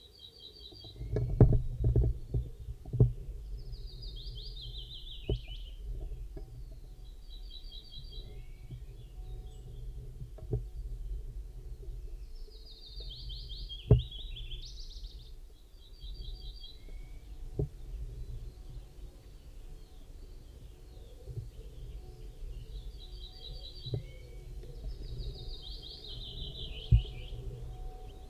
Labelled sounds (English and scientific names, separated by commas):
Ortolan Bunting (Emberiza hortulana) song